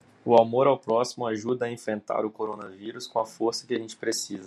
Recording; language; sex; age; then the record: spoken sentence; Brazilian Portuguese; male; 20 to 29 years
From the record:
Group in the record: control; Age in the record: 23 years